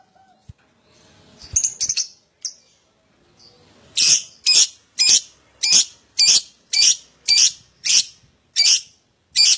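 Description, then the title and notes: Lovebird calls: a few scattered squeaky notes, then a steady run of harsh, high chirps repeated nearly twice per second. Adult lovebird in full song, described as gacor owor. "#5. LOVEBIRD GACOR OWOR OWOR. Lovebird Dewasa"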